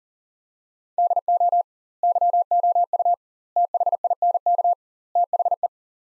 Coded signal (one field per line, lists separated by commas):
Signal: Morse code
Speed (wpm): 37 wpm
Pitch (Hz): 700 Hz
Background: none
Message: DO YOU THINK THE